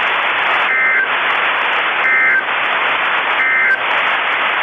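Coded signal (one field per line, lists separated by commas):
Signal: Emergency Alert System (SAME) tones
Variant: end-of-message bursts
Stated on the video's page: Mock EAS alert, simulated audio made for a mock challenge.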